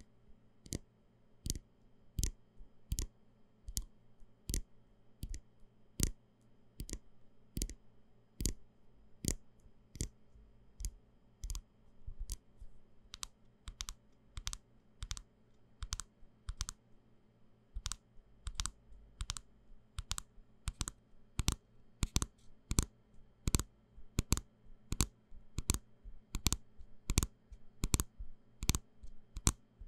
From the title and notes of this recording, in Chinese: 瓶瓶罐罐的撞擊.敲擊.抓撓。無人聲。